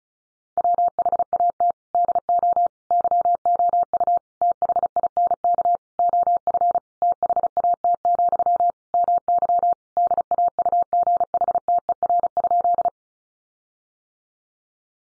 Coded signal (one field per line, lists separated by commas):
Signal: Morse code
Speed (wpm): 34 wpm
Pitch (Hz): 700 Hz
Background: none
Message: WHAT DO YOU THINK OF THAT, MY DAUGHTER?